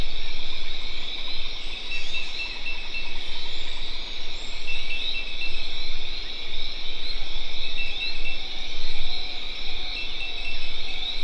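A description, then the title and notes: Tropical forest at dusk, filled with a dense, unbroken chorus of crickets and other insects in a bright, steady band, plus a rapid, regular high ticking throughout. From about seven seconds on, a soft, low repeated note sounds, perhaps a frog. Recorded at dusk, near le Grand Etang in Guadeloupe. Recorded with Sony PCM D50, Rode NT4, FEL preamp.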